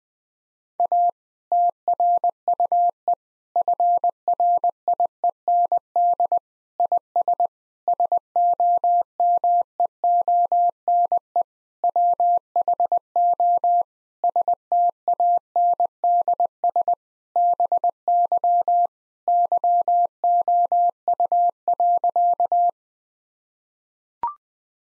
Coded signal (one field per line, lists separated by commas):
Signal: Morse code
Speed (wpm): 21 wpm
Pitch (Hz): 700 Hz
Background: none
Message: A TRUE FRIEND IS SOMEONE WHO STANDS BY YOU.